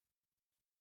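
A small indicator lamp for the right signal light is handled at a half-inch hole drilled in the gauge cluster panel of a Hemi Duster. Only faint, low soft bumps and handling rustles are heard over quiet hiss. Nothing has seated or clicked yet.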